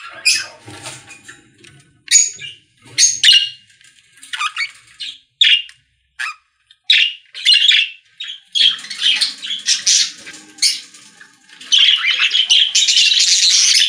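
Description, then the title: Budgerigar squawks and chirps in short separate bursts, building into continuous scratchy warbling chatter toward the end. "Budgie Sounds"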